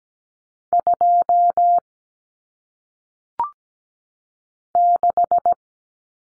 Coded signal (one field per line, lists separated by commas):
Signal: Morse code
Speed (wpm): 17 wpm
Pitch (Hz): 700 Hz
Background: none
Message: 2 6